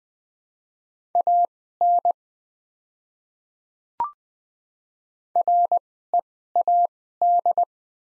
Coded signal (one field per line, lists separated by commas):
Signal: Morse code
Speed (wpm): 20 wpm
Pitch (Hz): 700 Hz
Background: none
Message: AN READ